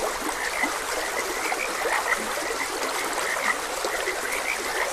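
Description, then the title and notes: Frog croaks, short and bright, repeat above a continuous trickling stream. Frogs croaking beside a gentle stream. "Frogs Croaking. Sleep and Relaxation Podcast"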